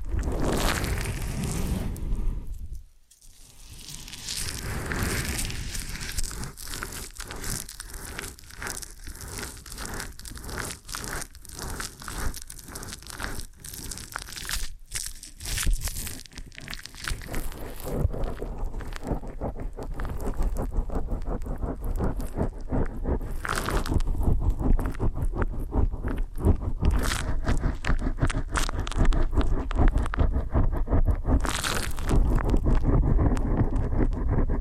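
An ear and scalp massage made of close, continuous crinkling, rubbing and scraping textures with a dense, grainy sound. A brief near-silent gap falls around three seconds, a short pause comes near fifteen seconds, and the rubbing grows slightly louder and steadier toward the end.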